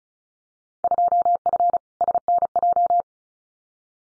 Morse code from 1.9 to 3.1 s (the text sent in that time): SNJ